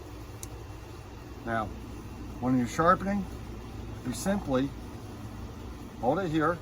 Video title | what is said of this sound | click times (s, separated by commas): Chainsaw sharpeners, timber tuff & Oregon plus a little Homelite action | just press the button in and get it locked into place | 0.4 s